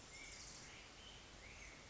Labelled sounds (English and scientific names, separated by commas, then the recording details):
Black-headed Grosbeak (Pheucticus melanocephalus)
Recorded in Sonoma County, California